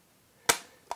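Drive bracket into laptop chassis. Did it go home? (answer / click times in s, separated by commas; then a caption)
yes / 0.5 s. A drive bracket is lined up and pressed into a laptop chassis during a MacBook Pro SSD upgrade. It snaps into place with a sharp click at 0.5 s, followed by a second, quieter click at 0.9 s. The part is seated.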